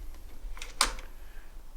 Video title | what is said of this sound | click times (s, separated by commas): This MUST HAVE Tool Could Save Your Butt!! | and you're lined back up and locked back in you'll hear that click of that button | 0.8 s